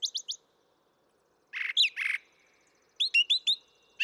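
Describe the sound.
Brown thrasher sings three quick high notes, then two harsh doubled phrases, then four rising whistled notes in a row, with brief silences between.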